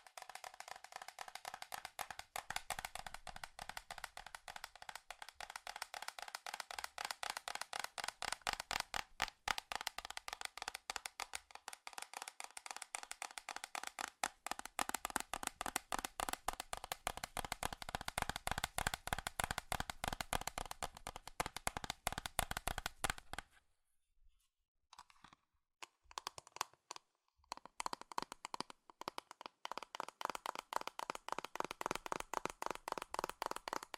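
Fast, furious tapping on metal runs in a dense, rapid stream of sharp bright clicks for most of the stretch. Around 24 seconds it nearly stops, with only scattered taps and brief pauses, then resumes as quick bursts toward the end.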